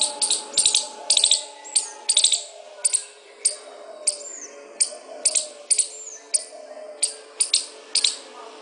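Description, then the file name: Squirrel calling in repeated harsh clicking bursts at a fairly even pace, a few faint falling whistles slipped in, over a quiet low hum. "suara-bajing -omkicau"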